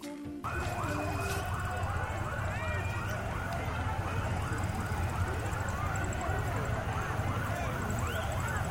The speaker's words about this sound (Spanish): Ahí se escuchan las bocinas policiales, ¿no? Claro, ahí es como el contexto previo.